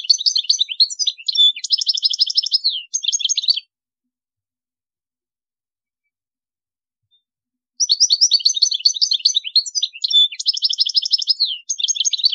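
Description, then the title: European goldfinch singing a fast, jangling run of liquid twitters and buzzy trills, one long phrase, a silence of about four seconds, then another long phrase. "Chant Chardonneret"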